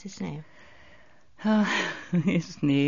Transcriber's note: sigh